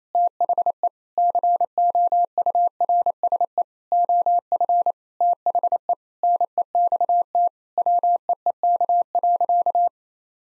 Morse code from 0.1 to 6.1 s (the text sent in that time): THE COURSE OF THE